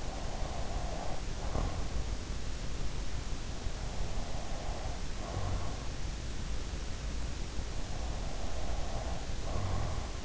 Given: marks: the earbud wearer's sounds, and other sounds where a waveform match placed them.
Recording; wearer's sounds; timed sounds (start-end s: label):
sounds in sleep by an in-ear microphone; breath
0.00-1.93 s: breath
3.81-5.98 s: breath
8.14-10.25 s: breath